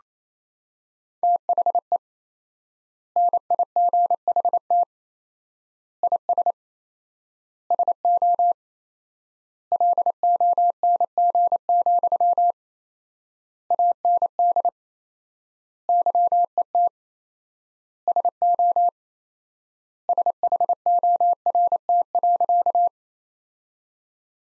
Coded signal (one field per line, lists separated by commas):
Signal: Morse code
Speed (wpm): 28 wpm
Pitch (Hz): 700 Hz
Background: none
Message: THE NIGHT IS SO LONG, AND YET SO SHORT.